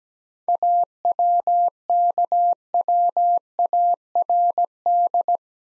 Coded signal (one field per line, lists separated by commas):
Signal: Morse code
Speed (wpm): 17 wpm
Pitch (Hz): 700 Hz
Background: none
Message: AWKWARD